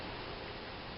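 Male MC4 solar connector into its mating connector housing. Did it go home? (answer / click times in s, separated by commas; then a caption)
no / none. A male MC4 solar connector is being handled at its mating connector housing, about to be pushed home with a stiff, hard object for leverage. Only steady broadband noise is heard, with no distinct transients, and nothing has seated or clicked yet.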